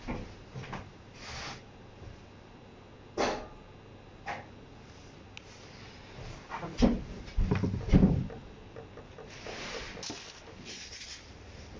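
Everyday household sounds: scattered knocks and clicks at irregular intervals, with sharper bumps near 3 seconds and heavier thuds around 7 to 8 seconds, like a cupboard or objects being handled. A soft rustling follows near the end over a low steady hum.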